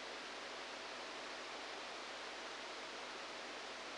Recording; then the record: brain microelectrode recording played as sound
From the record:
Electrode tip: outside the subthalamic nucleus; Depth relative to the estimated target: -3 mm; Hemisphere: left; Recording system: NeuroSet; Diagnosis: Parkinson's disease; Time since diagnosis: 10 years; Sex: male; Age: 63 years